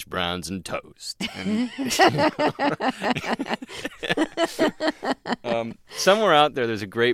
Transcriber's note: laughter